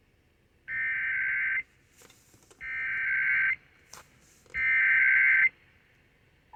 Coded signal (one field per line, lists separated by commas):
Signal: Emergency Alert System (SAME) tones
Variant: header bursts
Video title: Required Monthly EAS Test - August 3, 2022 10:49 PM